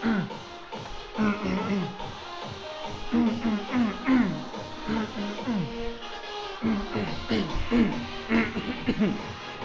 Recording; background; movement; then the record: throat clearing; music; walking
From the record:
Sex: male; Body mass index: 21.0 kg/m2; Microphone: on the chest, facing outward